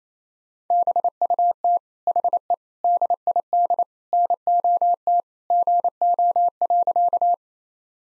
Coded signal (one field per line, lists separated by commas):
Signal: Morse code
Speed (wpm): 27 wpm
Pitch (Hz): 700 Hz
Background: none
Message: BUT HE DID NOT GO.